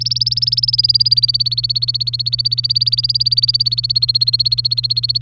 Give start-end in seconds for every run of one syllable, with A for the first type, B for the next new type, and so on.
0.00-5.21 A